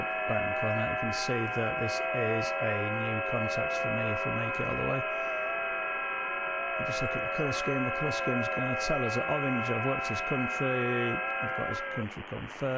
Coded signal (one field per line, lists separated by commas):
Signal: FT8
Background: speech